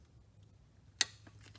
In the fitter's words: one click so see it's it's not much